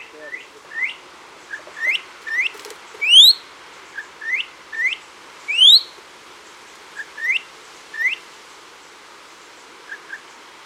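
Bird sings a series of bright rising whistles and short pips, some upslurs louder and higher, repeated every second or so throughout.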